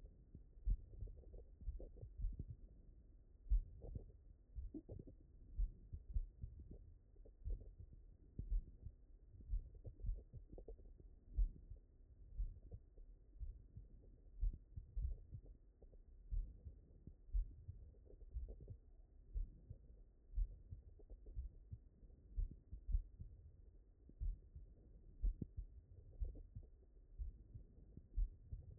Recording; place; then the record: heart sounds by stethoscope; mitral valve (MV)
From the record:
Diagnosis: non-HFrEF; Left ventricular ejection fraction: 66%